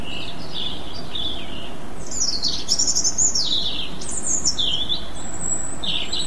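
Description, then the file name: European robin song with thin high warbles, rising and falling slurs and a long high whistled note, delivered in quick varied bursts over steady hiss. "rouge gorge"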